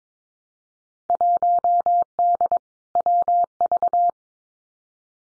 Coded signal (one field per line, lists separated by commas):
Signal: Morse code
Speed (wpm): 22 wpm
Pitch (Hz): 700 Hz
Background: none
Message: 1D WV